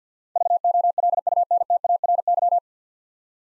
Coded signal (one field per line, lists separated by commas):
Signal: Morse code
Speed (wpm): 51 wpm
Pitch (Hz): 700 Hz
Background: none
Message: VOLUNTARY